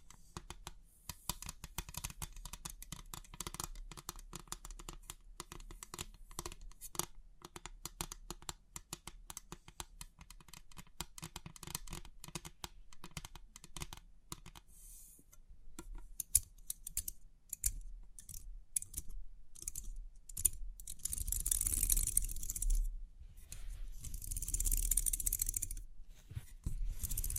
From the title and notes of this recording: Crisp 3D Pin Art Tingles(No Talking).